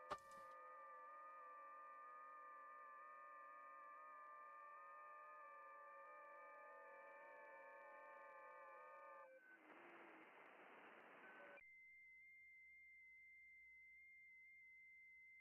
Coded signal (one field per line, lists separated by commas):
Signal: FT8